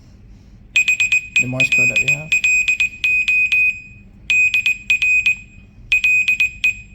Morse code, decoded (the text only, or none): HELLO DR LE